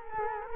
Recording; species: mosquito wingbeat signal from an infrared sensor; Culex quinquefasciatus